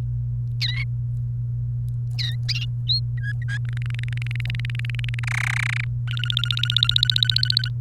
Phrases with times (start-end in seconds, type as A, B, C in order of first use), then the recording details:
0.61-0.84 A, 2.18-2.35 A, 2.87-3.00 B, 3.18-3.58 C, 3.69-5.19 D, 5.23-5.84 E, 6.08-7.68 F. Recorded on 28 April 2018 at 17:26. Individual llb3